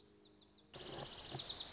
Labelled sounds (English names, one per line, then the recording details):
Lazuli Bunting
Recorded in Sonoma County, California